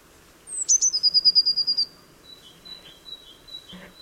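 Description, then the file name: Eurasian blue tit: a thin, high falling note runs into a rapid trill of about ten even pulses, followed by several soft, faint, high notes. "Cyanistes caeruleus"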